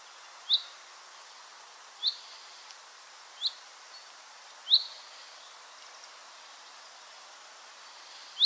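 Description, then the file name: Common chaffinch giving brief, bright rising call notes at uneven intervals of one to four seconds, five in total, against a faint steady hiss. "Fringilla coelebs"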